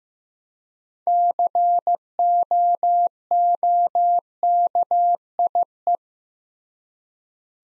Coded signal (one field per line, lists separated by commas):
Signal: Morse code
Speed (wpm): 15 wpm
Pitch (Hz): 700 Hz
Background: none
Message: COOKIE